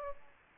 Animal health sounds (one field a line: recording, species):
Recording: mosquito wingbeat signal from an infrared sensor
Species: Aedes aegypti